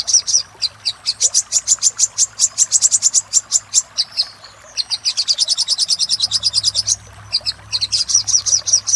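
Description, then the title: Little spiderhunter song: long runs of fast high chips, pausing briefly then resuming even quicker, with a low hum in the background. Master recording made for training caged songbirds. "Masteran Burung Sogok Ontong Labaik"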